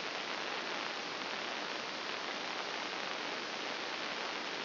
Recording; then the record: brain microelectrode recording played as sound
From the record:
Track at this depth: inside the subthalamic nucleus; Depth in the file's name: 4.663 mm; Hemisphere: left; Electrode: 2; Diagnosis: Parkinson's disease